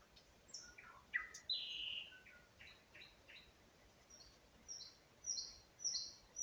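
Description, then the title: Nightingale song: varied phrases with a rich slurred note, bright high whistles and short repeated elements, some pauses between, steady hiss behind. Singing in spring, at a road near Huncha, Vinnytsia Oblast, Ukraine. "Unnamed Road, Гунча, Вінницька область, Україна, 23724-Spring, nightingale singing"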